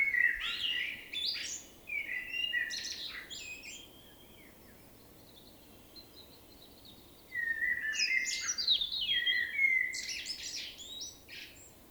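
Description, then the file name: Common blackbird delivering two rich, fluting song phrases, each closing in squeaky high twitters, with a silent gap of several seconds between them. "Turdus merula"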